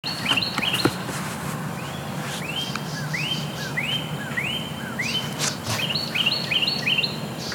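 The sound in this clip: Bird song: a series of clear, whistled notes, each rising and then held level, repeated about twice a second in runs. A steady low rumble of background noise continues throughout.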